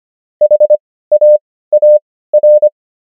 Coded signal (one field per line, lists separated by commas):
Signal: Morse code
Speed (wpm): 25 wpm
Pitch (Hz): 600 Hz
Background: none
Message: HAAR